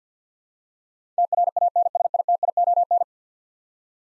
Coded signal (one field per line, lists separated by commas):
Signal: Morse code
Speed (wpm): 52 wpm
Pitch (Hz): 700 Hz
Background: none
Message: TRANSITION